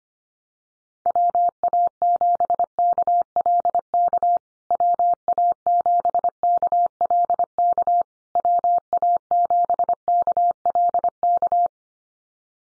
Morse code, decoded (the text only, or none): WA7KLK WA7KLK WA7KLK